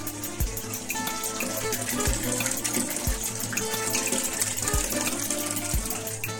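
running water

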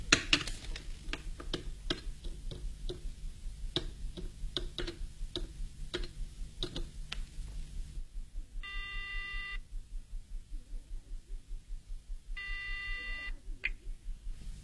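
telephone call being placed

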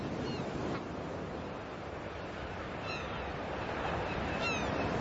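sea waves and surf

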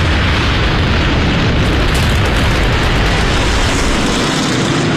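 aircraft bombing explosions

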